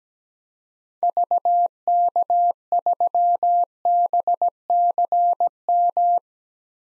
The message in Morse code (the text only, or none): VK3BCM